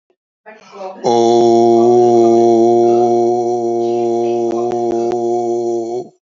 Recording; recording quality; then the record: sustained vowel as in boot; excellent, no background noise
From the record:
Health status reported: healthy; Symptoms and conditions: cough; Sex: male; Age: 52 years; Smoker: not ticked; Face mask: not worn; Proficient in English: yes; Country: India